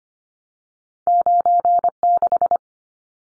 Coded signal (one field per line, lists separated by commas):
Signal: Morse code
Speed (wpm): 25 wpm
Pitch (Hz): 700 Hz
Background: none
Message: 96